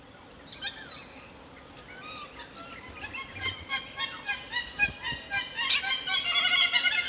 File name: Hamerkop